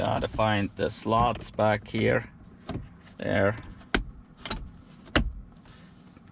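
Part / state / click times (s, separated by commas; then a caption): aftermarket wireless charging pad into vehicle center console / seated / 3.9 s, 5.2 s. A replacement Hansshow plastic wireless charging pad with ambient light is pushed back into the slots of a Rivian center console, replacing a non-working pad, and then pressed down so the front clips engage. Someone talks at first, then sharp clicks sound at 4.0 s and 5.2 s, with a few softer taps around them. The pad is seated in the console.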